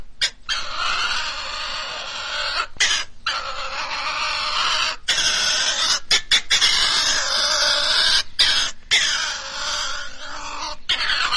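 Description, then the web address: Pine marten calling in rough, grating wails cut by frequent short pauses, giving an uneven, stuttering rhythm over about eleven seconds. "european pine marten"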